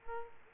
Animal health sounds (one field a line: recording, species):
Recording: mosquito wingbeat signal from an infrared sensor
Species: Aedes aegypti